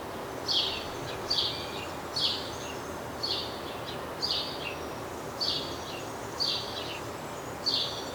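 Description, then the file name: House sparrow chirping: short, harsh chirps repeated about once a second, eight in all, over a steady hiss of background noise. "Passer domesticus"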